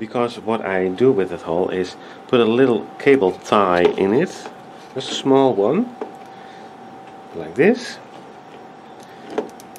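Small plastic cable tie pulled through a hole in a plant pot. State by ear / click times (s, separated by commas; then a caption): seated / 9.4 s, 9.6 s, 9.8 s. A small plastic cable tie is threaded through a hole in a plastic plant pot and pulled tight while someone talks. Near the end its ratchet clicks at about 9.4, 9.6 and 9.8 seconds as it tightens and holds.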